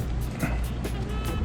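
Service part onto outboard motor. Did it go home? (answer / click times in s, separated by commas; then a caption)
no / none. A part is being fitted onto an outboard motor during service, with music playing over a steady low hum and broadband noise throughout. Nothing has seated or clicked yet; the part is still short of snapping into place.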